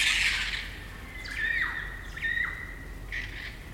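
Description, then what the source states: Kaka calls: a broad harsh burst at the start, then a long level whistle cut by two descending squawks and a short final rasp. Kakas, a large parrot species, singing an eerie dusk chorus in late spring at Karori Sanctuary near Wellington, New Zealand.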